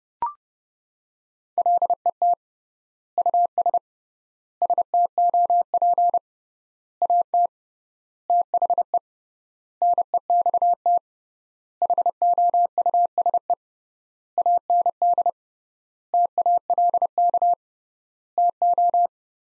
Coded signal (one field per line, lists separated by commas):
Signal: Morse code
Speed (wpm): 32 wpm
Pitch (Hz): 700 Hz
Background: none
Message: LET US STOP AT THE NEXT HOUSE AND TALK TO